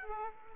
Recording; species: mosquito wingbeat signal from an infrared sensor; Aedes aegypti